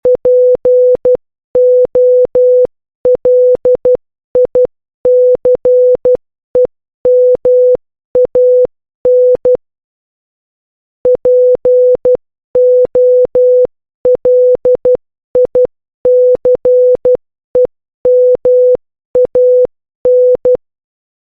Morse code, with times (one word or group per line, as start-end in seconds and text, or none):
0.1-9.6 POLICEMAN
11.1-20.6 POLICEMAN